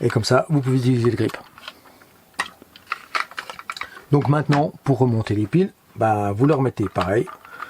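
Someone talks while handling the plastic battery holder of a Canon EOS 50 film camera's battery grip, which is to be lined up red dot to red dot and pushed in until it latches. Short, sharp handling knocks and taps come between 2.4 and 3.8 s, with another faint tap at 7.6 s. The clip ends before the holder goes home, so nothing has seated or clicked yet.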